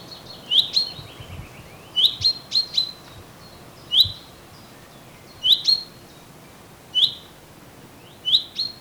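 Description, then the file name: Common chaffinch call notes: crisp high chips repeated at irregular intervals of one to two seconds, sometimes doubled or tripled, with light outdoor background noise. "Fringilla coelebs"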